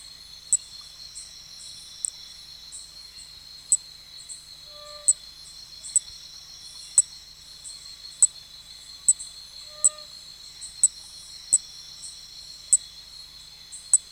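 Nesobia mjobergi: insect call: a steady, high, buzzing drone with a faint pulsing upper layer, broken by sharp clicks about every second.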